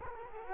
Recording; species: mosquito wingbeat signal from an infrared sensor; Culex quinquefasciatus